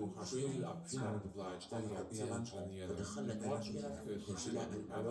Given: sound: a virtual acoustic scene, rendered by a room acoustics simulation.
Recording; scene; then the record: noise of the scene; living room, symmetric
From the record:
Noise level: 70 dB SPL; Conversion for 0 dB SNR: 6.9 dB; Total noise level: 76.9 dB SPL